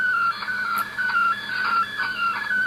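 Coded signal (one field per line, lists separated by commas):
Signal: multi-tone FSK (Olivia or MFSK type)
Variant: MFSK image mode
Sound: warbling tone hopping quickly between several nearby pitches, like a slow melodic chirp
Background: radio static, low hum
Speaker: and that's what's being loaded line by line as you see right next to that radio Australia logo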